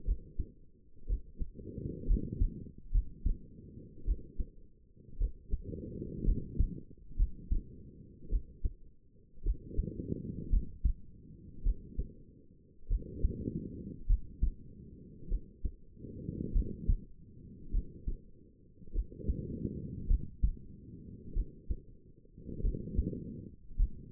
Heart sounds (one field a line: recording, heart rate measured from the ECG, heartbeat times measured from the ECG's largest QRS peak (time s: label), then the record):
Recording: heart sounds by stethoscope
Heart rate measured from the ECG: 53 bpm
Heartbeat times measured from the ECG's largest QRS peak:
0.06 s: heartbeat
1.08 s: heartbeat
2.08 s: heartbeat
2.92 s: heartbeat
4.05 s: heartbeat
5.18 s: heartbeat
6.25 s: heartbeat
7.17 s: heartbeat
8.30 s: heartbeat
9.44 s: heartbeat
10.51 s: heartbeat
11.64 s: heartbeat
12.88 s: heartbeat
14.07 s: heartbeat
15.29 s: heartbeat
16.53 s: heartbeat
17.72 s: heartbeat
18.93 s: heartbeat
20.08 s: heartbeat
21.34 s: heartbeat
22.62 s: heartbeat
23.77 s: heartbeat
From the record:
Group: healthy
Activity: rest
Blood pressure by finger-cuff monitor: 104/60 mmHg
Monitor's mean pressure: 74 mmHg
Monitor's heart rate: 54 bpm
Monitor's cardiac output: 5.4 L/min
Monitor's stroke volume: 94 mL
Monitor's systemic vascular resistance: 1010 dyn s/cm5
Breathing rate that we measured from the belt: 17 breaths a minute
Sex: female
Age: 28 years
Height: 170 cm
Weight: 77 kg